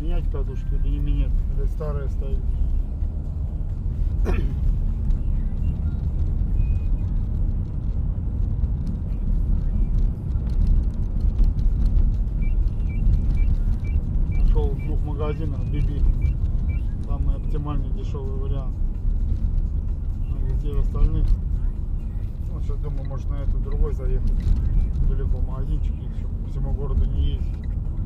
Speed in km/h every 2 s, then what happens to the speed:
29, 41, 46, 50, 52, 52, 51, 49, 45, 43, 40, 41, 44, 45.
0-8 speeds up to 52. 8-14 steady at about 51. 14-19 slows to 40. 19-28 steady at about 41.